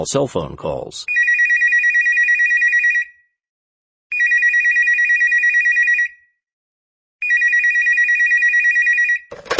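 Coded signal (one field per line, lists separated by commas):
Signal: none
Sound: ringing phone tones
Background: speech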